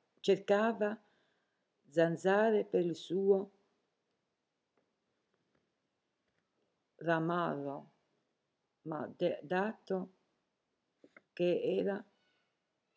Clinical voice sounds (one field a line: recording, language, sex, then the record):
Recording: read passage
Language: Italian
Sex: female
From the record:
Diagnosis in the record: healthy control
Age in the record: 70 years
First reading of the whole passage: 149 s, 3.0 characters per second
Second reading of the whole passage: 105 s, 4.4 characters per second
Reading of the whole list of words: 65 s, 4.0 characters per second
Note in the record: marked for poor recording quality or reading difficulty